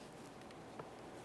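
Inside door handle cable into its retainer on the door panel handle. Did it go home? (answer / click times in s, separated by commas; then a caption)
no / none. On a 2004-2008 Ford F-150, the inside door handle cable is brought into position on the back of the truck door panel and pressed toward its plastic retainer, with a low steady background and one brief faint tap at 0.8 s. Nothing has seated or clicked yet; the clip ends just before the cable goes home.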